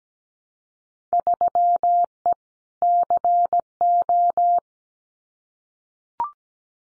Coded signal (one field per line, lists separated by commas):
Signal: Morse code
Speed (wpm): 17 wpm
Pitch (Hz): 700 Hz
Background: none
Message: 3E CO